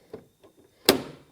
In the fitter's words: So, it's just this lever here until it clicks